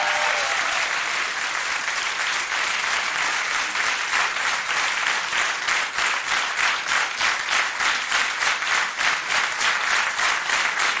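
A studio audience at Polish Radio Trójka's Agnieszka Osiecka studio applauds steadily for about eleven seconds after a concert, a dense, even wash of clapping that takes on a faint rhythmic pulse partway through and never fades.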